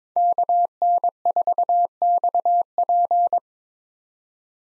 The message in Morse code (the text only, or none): KN4XP